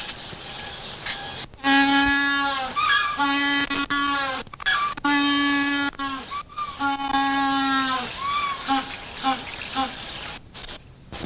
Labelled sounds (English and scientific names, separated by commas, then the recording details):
African Penguin (Spheniscus demersus) call
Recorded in captivity
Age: adult
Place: Zoo Berlin, Berlin, DE
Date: 1986-01-03 11:52
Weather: bedeckt, windstill, 3°C
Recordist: Tembrock, Günter